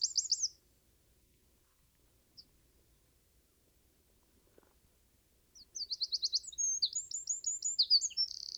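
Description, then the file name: Eurasian wren: a brief high trill, a long quiet stretch, then a loud song of sharp notes and rapid trills starting near the end. "Troglodytes troglodytes"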